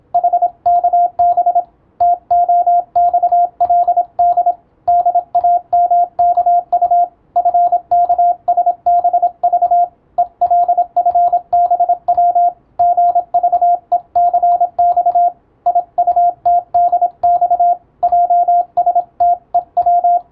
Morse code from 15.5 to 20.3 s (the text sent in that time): IUTDX JSTEW